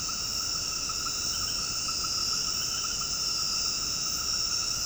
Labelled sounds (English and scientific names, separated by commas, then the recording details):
none
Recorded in dense forest near Puerto Asís, Putumayo, Colombia, on 18 February 2024 at 21:30
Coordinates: 0.486, -76.316
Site G6437